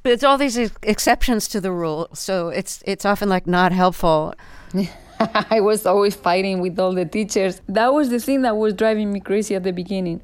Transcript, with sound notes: But it's all these exceptions to the rule. So it's often, like, not helpful.
Yeah, (laughter) I was always fighting with all the teachers. That was the thing that was driving me crazy at the beginning.